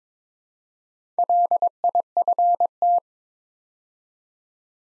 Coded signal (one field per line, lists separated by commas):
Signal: Morse code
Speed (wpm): 22 wpm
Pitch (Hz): 700 Hz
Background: none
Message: LIFT